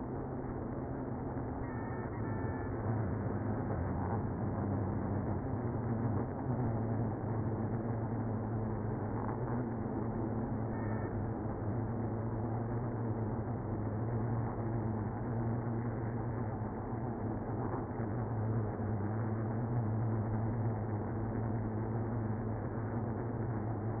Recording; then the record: honeybee colony, microphone inside the hive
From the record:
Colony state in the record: queenless (queen removed); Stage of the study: after two queens were removed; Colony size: about 60,000 bees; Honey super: yes